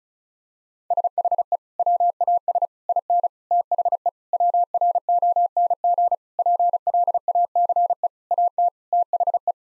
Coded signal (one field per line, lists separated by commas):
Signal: Morse code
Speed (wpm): 34 wpm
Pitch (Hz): 700 Hz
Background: none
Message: SHE WAS IN THE WRONG PLACE AT THE